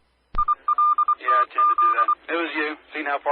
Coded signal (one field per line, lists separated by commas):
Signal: Morse code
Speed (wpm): 24 wpm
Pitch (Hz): 1200 Hz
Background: speech, radio noise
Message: ILTZ